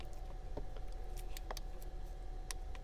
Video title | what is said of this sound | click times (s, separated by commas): Replacing spark plugs and coil packs on a mk6 Vw jetta 2.5L (DIY) | You hear the click? | 2.5 s